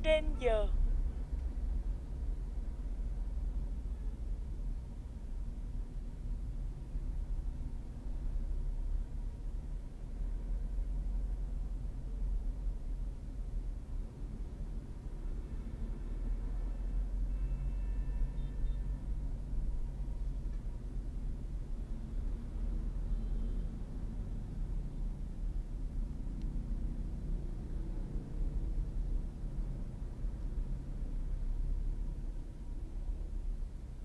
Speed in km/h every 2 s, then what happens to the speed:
19, 20, 18, 16, 18, 21, 18, 18, 22, 22, 19, 18, 15, 15, 15, 16, 14.
0-18 steady at about 18. 18-24 slows to 15. 24-34 steady at about 15.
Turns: none.